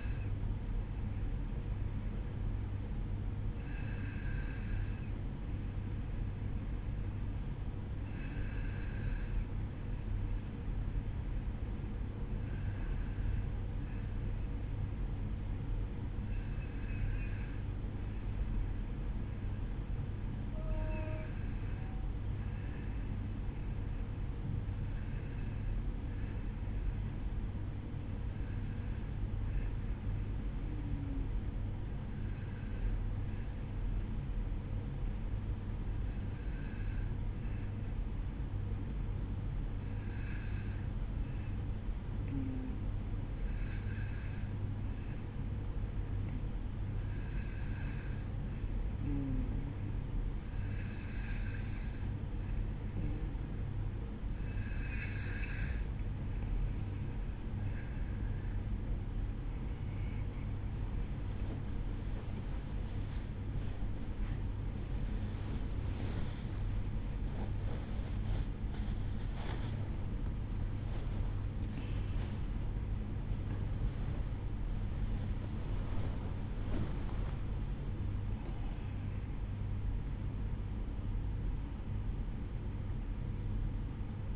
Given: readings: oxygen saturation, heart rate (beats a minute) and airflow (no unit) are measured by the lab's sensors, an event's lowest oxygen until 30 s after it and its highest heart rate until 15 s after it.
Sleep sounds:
breathing in sleep by a smartphone at the bedside; 1
13.00-73.00 s: new sleep stage, N2 (light sleep)
23.00-60.60 s: hypopnea (N2, oxygen 94% highest, then 93% lowest, heart rate 53 at the start, 74 highest)
73.00-84.36 s: new sleep stage, N1 (lightest sleep)
From the record:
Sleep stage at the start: N1 (lightest sleep); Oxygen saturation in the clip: 93 to 95%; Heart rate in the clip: 51 to 75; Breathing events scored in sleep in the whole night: 305 in 9.6 hours asleep

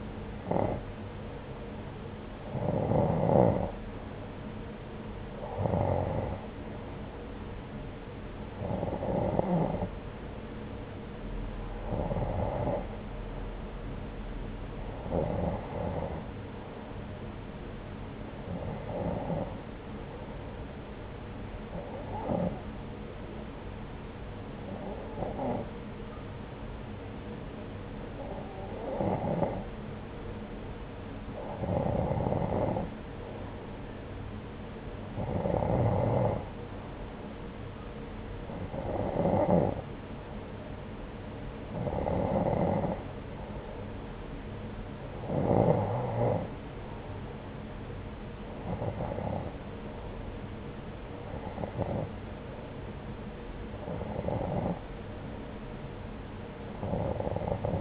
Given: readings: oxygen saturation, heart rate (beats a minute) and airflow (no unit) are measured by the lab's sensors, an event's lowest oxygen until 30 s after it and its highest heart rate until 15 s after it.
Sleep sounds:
breathing in sleep by a voice recorder at the bedside; none
none scored
From the record:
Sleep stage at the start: N2 (light sleep); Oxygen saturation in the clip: 89 to 91%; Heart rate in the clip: 71 to 82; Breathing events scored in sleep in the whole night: 303 in 8.1 hours asleep

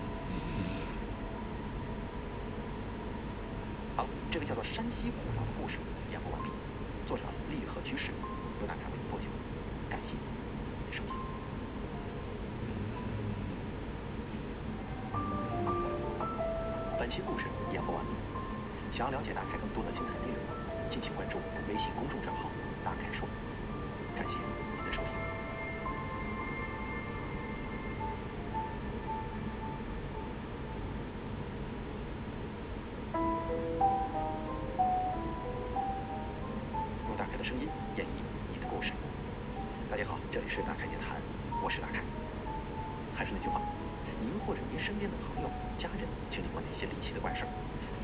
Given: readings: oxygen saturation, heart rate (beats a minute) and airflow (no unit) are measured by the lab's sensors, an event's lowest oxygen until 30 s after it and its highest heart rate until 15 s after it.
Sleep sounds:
breathing in sleep by a voice recorder at the bedside; 1
5.00-48.04 s: new sleep stage, N1 (lightest sleep)
6.00-19.10 s: hypopnea (N1, oxygen 93% highest, then 92% lowest)
From the record:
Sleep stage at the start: N2 (light sleep); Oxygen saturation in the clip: 92 to 95%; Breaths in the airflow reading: 16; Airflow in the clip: -1.9 to 4.3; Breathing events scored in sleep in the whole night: 335 in 6.7 hours asleep

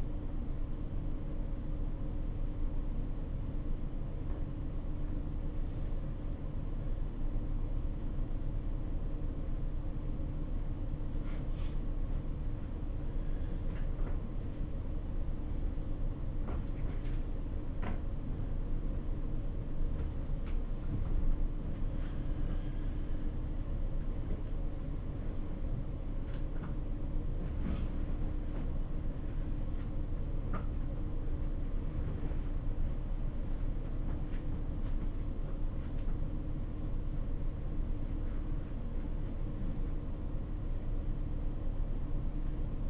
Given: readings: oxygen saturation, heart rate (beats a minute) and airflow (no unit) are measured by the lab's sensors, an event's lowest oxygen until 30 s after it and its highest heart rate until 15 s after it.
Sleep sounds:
a person awake in a sleep study, by a smartphone at the bedside; none
0.00-42.90 s: awake
From the record:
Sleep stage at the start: awake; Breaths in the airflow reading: 16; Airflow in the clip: -0.6 to 0.8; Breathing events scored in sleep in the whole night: 520 in 7.2 hours asleep

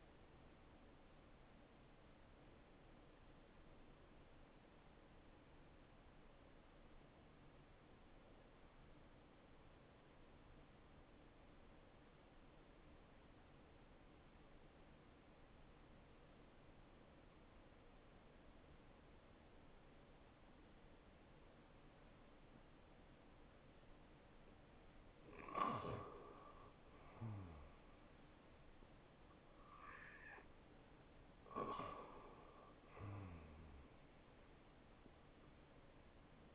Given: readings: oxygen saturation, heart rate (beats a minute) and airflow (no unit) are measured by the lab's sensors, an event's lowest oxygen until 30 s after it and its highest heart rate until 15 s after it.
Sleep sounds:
breathing in sleep by a voice recorder at the bedside; 1
3.00-22.20 s: obstructive apnea (N1, oxygen 96% highest, then 87% lowest, heart rate 67 at the start, 74 highest)
From the record:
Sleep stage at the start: N1 (lightest sleep); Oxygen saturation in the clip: 85 to 96%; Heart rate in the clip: 65 to 74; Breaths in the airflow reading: 5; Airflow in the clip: -6.1 to 4.9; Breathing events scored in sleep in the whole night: 263 in 5.5 hours asleep

